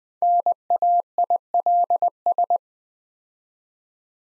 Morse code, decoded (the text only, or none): NAILS